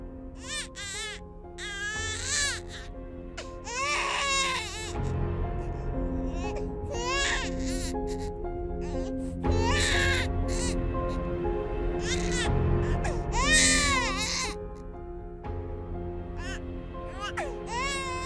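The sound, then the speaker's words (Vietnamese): An infant wails nonstop in loud, rising and falling cries, breaking into repeated bursts of sobbing over a steady low background hum. “Đứa bé thì đang ngằn ngặt khóc không ngừng, mọi âm thanh tựa như cứ đang tấn công hắn vậy.”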